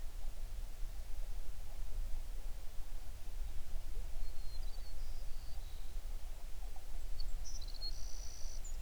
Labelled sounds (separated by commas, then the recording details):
songbird
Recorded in the Prudhoe Bay oil fields, Alaska, on 11 June 2019 at 05:41
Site 21